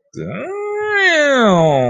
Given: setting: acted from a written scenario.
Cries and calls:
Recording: vocal sound without words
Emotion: desire

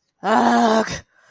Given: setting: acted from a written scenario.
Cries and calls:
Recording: vocal sound without words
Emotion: anger

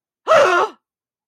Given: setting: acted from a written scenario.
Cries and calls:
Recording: vocal sound without words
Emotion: negative surprise

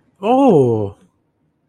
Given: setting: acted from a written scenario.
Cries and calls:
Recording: vocal sound without words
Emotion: positive surprise

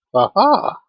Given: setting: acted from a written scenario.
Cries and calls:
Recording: vocal sound without words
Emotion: realization

